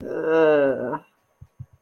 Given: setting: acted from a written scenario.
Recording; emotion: vocal sound without words; embarrassment